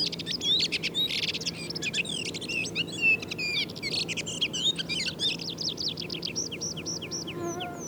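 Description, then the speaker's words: Redwing song: a dense run of high, varied twittering and chattering notes that ends in a series of repeated downward-curving whistles, with a low steady hum beneath. Singer whose song differs from the earlier ones; singing style varies between localities as dialects; the same individual always sings the same way; style is learned; birds of one area sing alike. "Kuuntelemme vielä paria muuta kahdesta aikaisemmasta poikkeavaa laulajaa."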